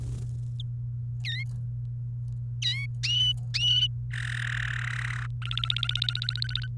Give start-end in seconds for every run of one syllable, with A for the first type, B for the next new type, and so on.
2.62-2.86 A, 4.13-5.27 B, 5.42-6.67 C